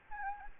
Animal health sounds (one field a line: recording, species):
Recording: mosquito wingbeat signal from an infrared sensor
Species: Anopheles gambiae